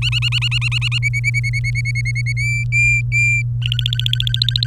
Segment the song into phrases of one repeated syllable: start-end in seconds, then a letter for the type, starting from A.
0.02-0.98 A, 1.02-2.33 B, 2.37-3.42 C, 3.62-4.66 D